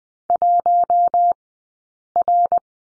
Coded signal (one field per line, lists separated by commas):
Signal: Morse code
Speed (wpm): 20 wpm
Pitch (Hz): 700 Hz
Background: none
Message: 1R